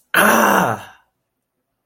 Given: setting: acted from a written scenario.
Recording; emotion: vocal sound without words; distress